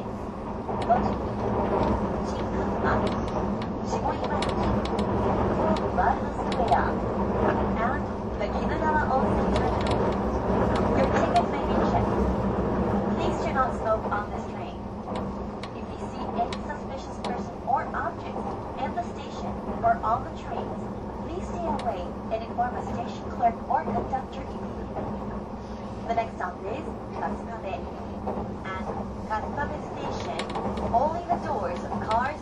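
Running sound aboard the Spacia X No. 7 limited express train: a steady low rumble and hum continue throughout, with a faint hiss above. Voices murmur intermittently over the train noise, and the sound eases slightly after about fourteen seconds.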